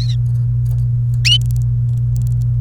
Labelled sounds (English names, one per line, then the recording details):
Domestic Canary song
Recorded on 28 April 2018 at 12:09
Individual llb3